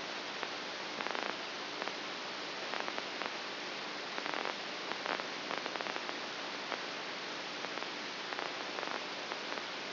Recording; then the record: brain microelectrode recording played as sound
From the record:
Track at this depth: inside the subthalamic nucleus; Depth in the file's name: 1.04 mm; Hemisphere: right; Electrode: 2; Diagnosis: Parkinson's disease